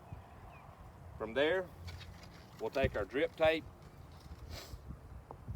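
Someone talks while flat drip tape is picked up and bowed open and the adapter collar is checked, ahead of sliding the tape onto the adapter barb and tightening the collar. Faint handling noise runs under the speech, with two brief sharp ticks near 5.3 s and 5.6 s. Nothing has seated or clicked yet.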